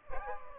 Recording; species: mosquito wingbeat signal from an infrared sensor; Aedes albopictus